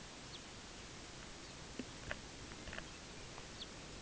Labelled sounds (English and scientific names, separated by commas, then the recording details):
Lapland Longspur (Calcarius lapponicus)
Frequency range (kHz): Lapland Longspur (Calcarius lapponicus) 1.6-5.2 kHz
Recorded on Arctic tundra, site UTQI-5, on 14 June 2019
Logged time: 14:00